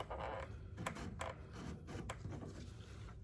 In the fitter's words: That's what you hear clicking. So it's done the right thing. I've got it in the right position.